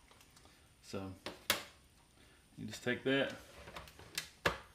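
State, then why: Seated. Someone talks while a plastic brew basket filled with ground coffee is pushed into a Ninja Coffee Bar drip coffee maker. There are a few light knocks and a sharp hit at 1.5 s. The basket then latches into place with a loud click at 4.5 s.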